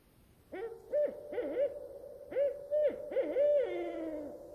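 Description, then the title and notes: Barred owl hooting: a series of rich, slurred hoots, some rising then falling, ending in a long drawn-out descending note. Lone bird singing from a tree at night, still quiet air, old-growth rain forest of the Queets river valley, Olympic National Park; calling while awaiting an answer. "In the still, quiet night air of the Olympic National Park's Queets Rain Forest river valley, a lone Barred Owl sings from a nearby tree."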